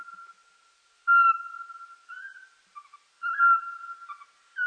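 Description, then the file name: Eurasian pygmy owl whistles, a clear flat note followed by a looser run of wavering, slightly uneven whistled notes. "soweczka"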